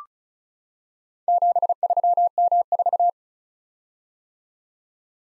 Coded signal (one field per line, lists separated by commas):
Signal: Morse code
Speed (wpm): 36 wpm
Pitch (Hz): 700 Hz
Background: none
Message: 73M4